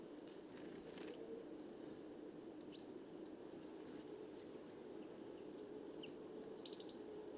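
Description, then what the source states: Coal tit calls, a few thin high notes, then a rapid run of several loud squeaky calls, followed by a few brief notes, over a quiet low hiss. Flock of over 50 Coal tits, 29 September 2019, evening, Les Casses, Drôme; recorded in mono with a Wildtronic parabolic dish, which caused heavy handling noise.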